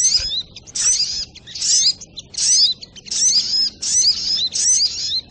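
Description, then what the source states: Little spiderhunter song in rapid high-pitched bursts of chattering and slurred whistles, repeated about every 0.8 seconds. Masteran training material of the song; style labelled Labaik.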